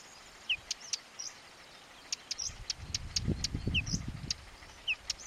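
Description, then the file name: Whinchat giving sparse high chirps and short slurred notes between crisp ticking clicks, over a soft low rumble in the second half. "Ruslan Mazuryk - Whinchat (Saxicola rubetra)"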